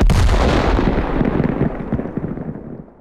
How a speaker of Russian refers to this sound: И броневик, и окружающие его камни были взорваны. Металл и грязь разлетелись в разные стороны.